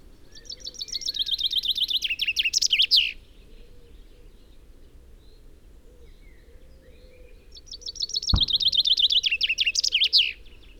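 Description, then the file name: Common chaffinch song, two full phrases: a fast run of sharp notes dropping in pitch and ending in a flourish, separated by about five seconds of quiet; a brief thump near the start of the second phrase. "Fringilla coelebs"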